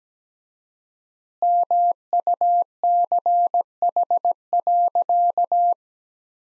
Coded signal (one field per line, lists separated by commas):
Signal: Morse code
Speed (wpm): 17 wpm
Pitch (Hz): 700 Hz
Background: none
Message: MUCH.